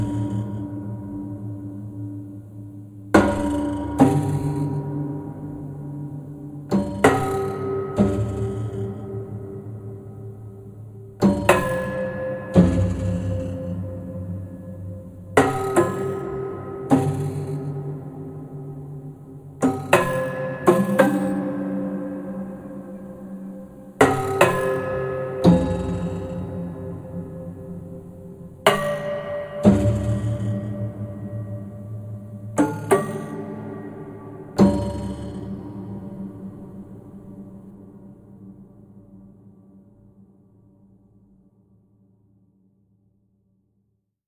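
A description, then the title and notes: A metal dish-draining closet is struck about nine times, every four seconds, each hit ringing with low gong-like tones that fade after the last. Sampling the dish draining closet.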